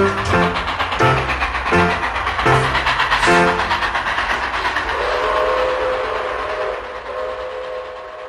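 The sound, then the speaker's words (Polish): A train rolls along the rails with a loud, rhythmic clickety-clack of wheels over a rumbling roar, then a steady, sustained whistle-like tone rises above the fading noise. “Po raz pierwszy jadę do prawdziwej stacji, jadę pociągiem prawdziwym.”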